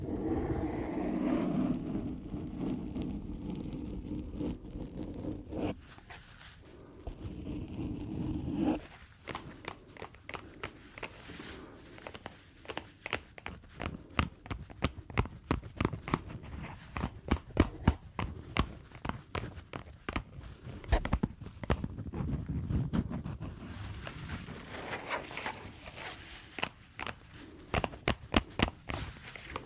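Gloves being handled and rubbed, with a softer, fuller rustling stretch over the first eight seconds or so. After that come dense runs of sharp snaps, squeaks and crinkles, fast and irregular, some bright and crisp, continuing to the end.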